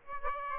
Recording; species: mosquito wingbeat signal from an infrared sensor; Aedes aegypti